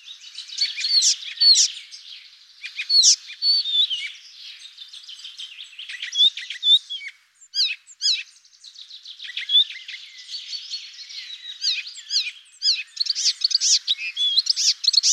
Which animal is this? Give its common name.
Icterine Warbler